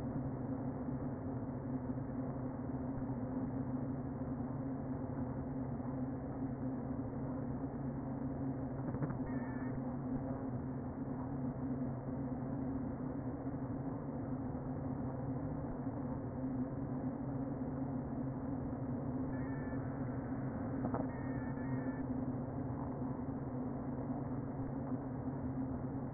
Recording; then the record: honeybee colony, microphone inside the hive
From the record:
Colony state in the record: queen present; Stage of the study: before two queens were removed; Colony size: about 60,000 bees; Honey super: yes